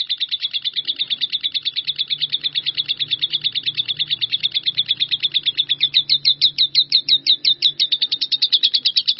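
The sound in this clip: Bird song: a fast, high, buzzy trill of rapidly repeated notes, running steadily for about nine seconds, the notes growing sharper and more distinct toward the end.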